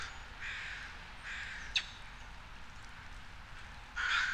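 Crow giving a few spaced, hoarse caws with a short click between them, then a louder harsh caw at the close, over a low background hum.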